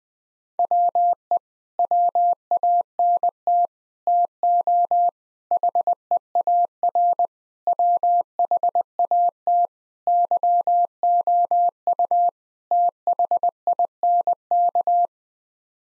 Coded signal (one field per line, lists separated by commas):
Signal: Morse code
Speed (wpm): 20 wpm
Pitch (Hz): 700 Hz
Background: none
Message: WE WANT TO HEAR WHAT YOU THINK